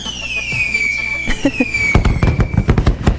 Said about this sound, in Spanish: Fuegos artificiales.